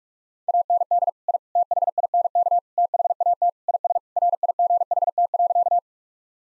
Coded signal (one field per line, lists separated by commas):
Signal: Morse code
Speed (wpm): 46 wpm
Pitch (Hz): 700 Hz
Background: none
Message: AND I THINK THAT IS RIGHT.